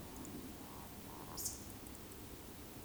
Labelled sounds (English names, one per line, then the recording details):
Eurasian Woodcock whistle
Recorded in Baden-Württemberg, Germany, on 28 May 2020 at 20:03 UTC
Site 31917, 145 m above sea level